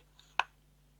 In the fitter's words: and you will hear a click where the thread is correct